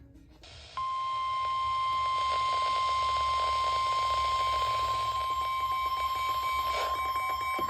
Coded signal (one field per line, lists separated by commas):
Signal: Emergency Alert System (SAME) tones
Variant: 1050 Hz attention tone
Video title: Christmas In July Storms: EAS Alerts From 7/25/25 (EAS #5577-5644)